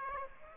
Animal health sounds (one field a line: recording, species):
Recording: mosquito wingbeat signal from an infrared sensor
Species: Aedes aegypti